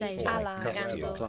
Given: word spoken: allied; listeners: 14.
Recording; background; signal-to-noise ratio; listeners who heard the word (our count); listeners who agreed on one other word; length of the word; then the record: one English word in noise, from a listening test; four-talker babble; -2.4 dB; 0 of 14; 12 of 14; 0.88 s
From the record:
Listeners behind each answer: 12, 2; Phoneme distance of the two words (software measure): 7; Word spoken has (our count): 2 syllables, 4 phonemes, stress on syllable 2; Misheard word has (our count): 2 syllables, 3 phonemes, stress on syllable 2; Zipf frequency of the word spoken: 3.69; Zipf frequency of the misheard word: 3.76